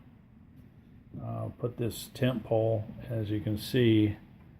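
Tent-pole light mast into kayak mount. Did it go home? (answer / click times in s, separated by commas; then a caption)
no / none. A tent-pole light mast with PVC in one end is handled as it is fitted toward its mount on a kayak while someone talks over a low steady background hum. The clip ends before the pole goes home, and nothing has seated or clicked yet.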